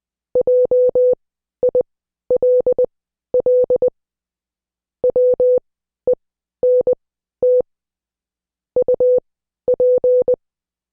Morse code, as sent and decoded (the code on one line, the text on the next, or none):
.--- .. .-.. .-.. / .-- . -. - / ..- .--.
JILL WENT UP